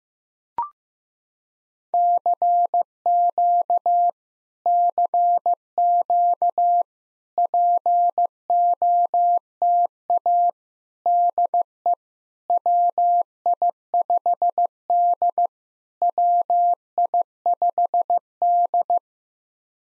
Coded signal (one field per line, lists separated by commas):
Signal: Morse code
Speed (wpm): 15 wpm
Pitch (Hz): 700 Hz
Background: none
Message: CQ CQ POTA DE WI5D WI5D